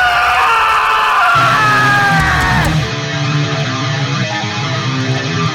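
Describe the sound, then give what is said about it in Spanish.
A piercing, drawn-out scream in the intro jingle of the radio section El Rincón Oscuro rises over a loud, dense wash of distorted sound, then its pitch slides downward and breaks off, leaving the harsh, noisy backing roaring on alone. “No me extraña el chillido este que acompaña a la cabecera del Rincón Oscuro, porque te van a temblar los tímpanos.”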